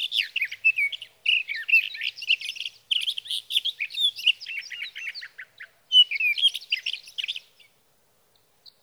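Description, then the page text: Sage thrasher pouring out a long, rapid warbling song in several bursts of mixed whistles and buzzy notes, briefly pausing between. Male singing through the night near his night roost, Sierra Valley, California, three nights from evening June 12 to morning June 15, 2018; Swift recorder. "61. Sage thrasher songs, through the night."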